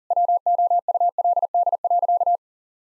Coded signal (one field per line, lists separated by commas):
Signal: Morse code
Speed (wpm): 40 wpm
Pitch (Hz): 700 Hz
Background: none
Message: WOULD.